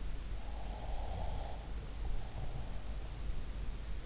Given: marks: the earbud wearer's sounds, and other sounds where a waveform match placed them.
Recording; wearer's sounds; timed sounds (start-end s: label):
sounds in sleep by an in-ear microphone; breath
0.30-3.27 s: breath